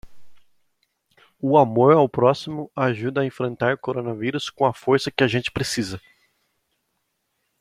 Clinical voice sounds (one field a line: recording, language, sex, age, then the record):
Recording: spoken sentence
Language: Brazilian Portuguese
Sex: male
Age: 20 to 29 years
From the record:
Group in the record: control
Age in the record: 22 years